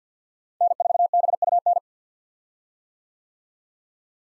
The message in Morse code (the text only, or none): N4BUN